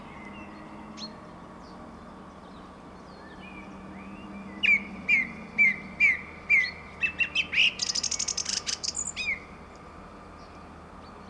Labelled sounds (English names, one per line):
Song Thrush song